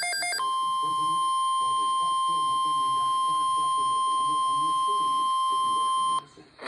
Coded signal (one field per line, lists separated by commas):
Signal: Emergency Alert System (SAME) tones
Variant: 1050 Hz attention tone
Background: speech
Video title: Weather Radio EAS #165 (Severe Thunderstorm Watch)